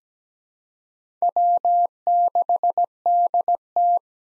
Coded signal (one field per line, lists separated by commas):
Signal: Morse code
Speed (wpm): 17 wpm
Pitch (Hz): 700 Hz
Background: none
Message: W6DT